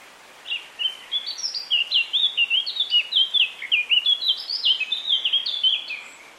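Eurasian Blackcap song: a steady stream of bright, rapid warbled notes that rise and fall, continuing almost without pause for about six seconds.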